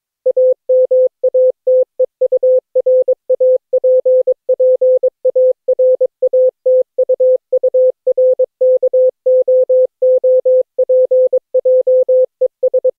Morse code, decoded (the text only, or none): AMATEURAPPARATUURKOOPJES